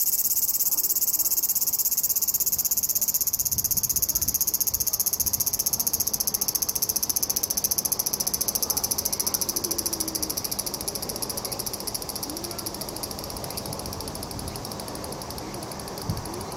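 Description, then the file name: Large brown cicada giving a continuous, frying, high-pitched drone that barely changes in strength, easing slightly toward the end, with a faint low hum underneath. "セミ アブラゼミの鳴き声"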